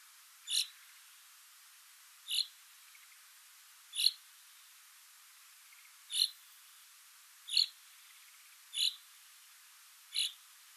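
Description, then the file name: Common chaffinch uttering crisp single call notes, seven in a row, about one to two seconds apart, steady and fairly even. "Fringilla coelebs"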